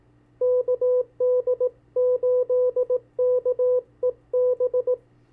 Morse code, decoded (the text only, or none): KD8KEB